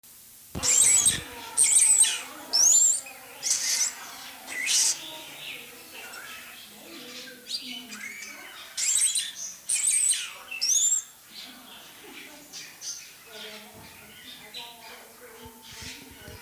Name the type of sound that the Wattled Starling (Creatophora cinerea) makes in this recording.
song